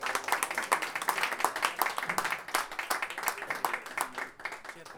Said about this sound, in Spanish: Eso, le ponen el aplauso.